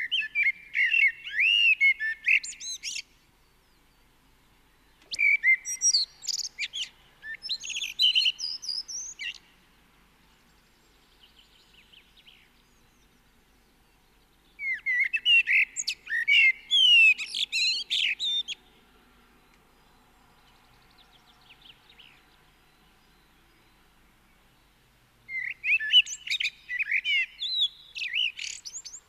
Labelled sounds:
Common Blackbird (Turdus merula) song

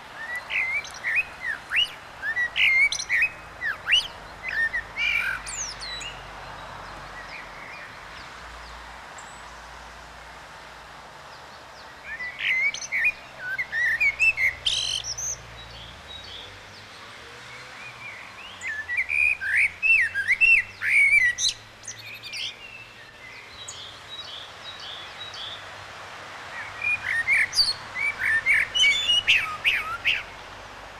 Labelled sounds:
Common Blackbird (Turdus merula) song

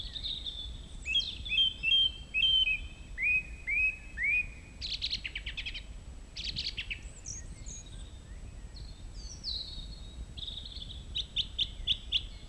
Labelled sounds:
Song Thrush (Turdus philomelos) song

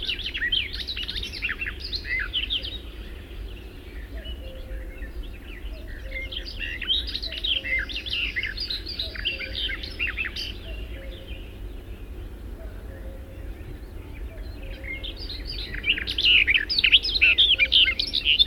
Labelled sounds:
Barred Warbler (Sylvia nisoria) song

